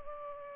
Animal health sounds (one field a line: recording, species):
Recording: mosquito wingbeat signal from an infrared sensor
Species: Culex pipiens